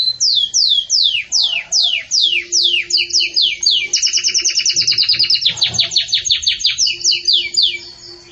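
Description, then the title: Belgian canary song: loud sweeping downslurred whistles repeated about three per second, then rapid rattling trills and rolls, with a steady low hum beneath. Pure campainha-style song with pauses, for training. "Canto Canário Belga Campainha Puro Com Pausa Para Treinamento"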